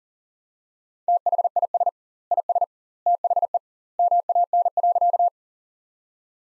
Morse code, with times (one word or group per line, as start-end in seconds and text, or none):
1.1-1.9 THIS
2.3-2.6 IS
3.1-3.6 THE
4.0-5.3 MAN.